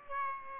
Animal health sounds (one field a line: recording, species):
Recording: mosquito wingbeat signal from an infrared sensor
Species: Aedes aegypti